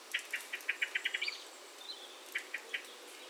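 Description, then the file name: Common blackbird giving a fast string of sharp clicking notes, then a pause and three more clicks. "Turdus merula"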